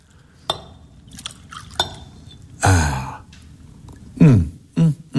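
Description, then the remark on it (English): Two sharp glass clinks ring out, then brandy from a bottle splashes and gurgles into a glass in a few short bursts, each pour swelling quickly and then stopping. “May I pour you one?”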